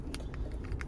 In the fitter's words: work my way down, press it down. You hear it click and get